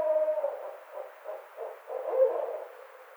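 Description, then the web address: Barred owl hooting, a string of low, muffled hoots that swell into louder, rougher notes near the end. Recorded 29 May 2009. "Barred Owl 2009 05 29 Barred Owl"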